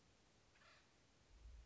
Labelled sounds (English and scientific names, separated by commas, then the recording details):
Acorn Woodpecker (Melanerpes formicivorus)
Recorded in Sonoma County, California